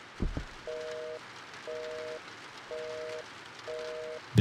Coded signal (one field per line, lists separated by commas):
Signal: telephone call progress tone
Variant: North America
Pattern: busy tone